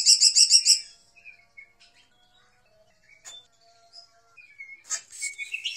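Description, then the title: Bird song: a quick burst of high chattering notes, then scattered thin whistles and chirps with pauses, ending in a louder run of mixed chirps. "SuaraBurung Kicau"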